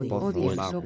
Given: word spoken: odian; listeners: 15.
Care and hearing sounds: one Spanish word in noise, from a listening test; four-talker babble; -1.1 dB; 0 of 15; 6 of 15; 0.46 s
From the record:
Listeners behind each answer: 6, 5, 3, 1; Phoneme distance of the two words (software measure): 17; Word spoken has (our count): 2 syllables, 5 phonemes, stress on syllable 1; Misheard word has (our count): 2 syllables, 4 phonemes, stress on syllable 1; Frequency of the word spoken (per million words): 1.68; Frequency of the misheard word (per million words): 29.94

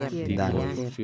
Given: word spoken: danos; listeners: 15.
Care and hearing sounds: one Spanish word in noise, from a listening test; four-talker babble; -0.7 dB; 2 of 15; 7 of 15; 0.65 s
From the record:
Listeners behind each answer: 7, 2, 1, 1, 1, 1, 1, 1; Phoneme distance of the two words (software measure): 24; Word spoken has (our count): 2 syllables, 5 phonemes, stress on syllable 1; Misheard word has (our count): 1 syllable, 3 phonemes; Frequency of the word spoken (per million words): 0.48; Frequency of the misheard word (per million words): 264.79

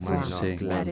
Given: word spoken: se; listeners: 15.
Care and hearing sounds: one Spanish word in noise, from a listening test; four-talker babble; -0.9 dB; 0 of 15; 6 of 15; 0.52 s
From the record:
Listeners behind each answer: 6, 1, 1, 1, 1, 1, 1, 1, 1, 1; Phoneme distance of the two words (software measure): 21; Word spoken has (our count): 1 syllable, 2 phonemes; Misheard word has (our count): 2 syllables, 5 phonemes, stress on syllable 2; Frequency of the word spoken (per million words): 13257.31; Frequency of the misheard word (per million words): 36.02

